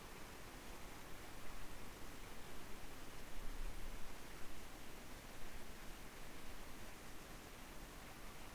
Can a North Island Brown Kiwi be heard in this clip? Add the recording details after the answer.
no. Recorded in New Zealand on 2 November 2013. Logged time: 20:59. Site CV71